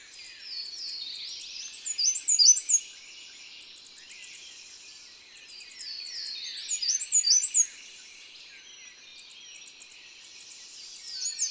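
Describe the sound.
Bird song: high twittering phrases of rapid chirps and slurred notes, two louder bursts about five seconds apart over a steady faint chorus of other high chirps.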